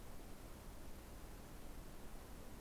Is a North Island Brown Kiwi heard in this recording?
no